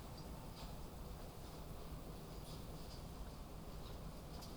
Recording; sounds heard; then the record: poultry house recording; no chicken sound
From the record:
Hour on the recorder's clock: 22